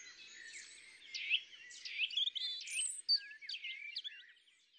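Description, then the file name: European robin song, quieter high-pitched warbling phrases with thin whistled notes and quick flourishes, fading toward the end. "ABC des chants doiseaux le rougegorge extrait"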